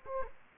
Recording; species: mosquito wingbeat signal from an infrared sensor; Anopheles gambiae